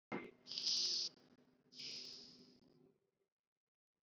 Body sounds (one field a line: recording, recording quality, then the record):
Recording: shallow breathing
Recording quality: excellent, no background noise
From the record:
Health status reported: recovered from COVID-19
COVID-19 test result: negative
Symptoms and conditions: none ticked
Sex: female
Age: 33 years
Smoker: not ticked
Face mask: not worn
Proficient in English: yes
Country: India